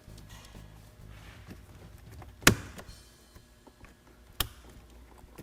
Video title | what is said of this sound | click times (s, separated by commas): 2021+ Chevy Tahoe / Suburban / Yukon Auto Engine Start-Stop ESS Disabler Install - Infotainment.com | all right I got a click it means that thing is locked into place | 2.5 s, 4.4 s